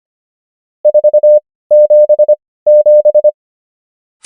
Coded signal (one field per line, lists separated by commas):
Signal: Morse code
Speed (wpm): 25 wpm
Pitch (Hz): 600 Hz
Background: none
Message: 477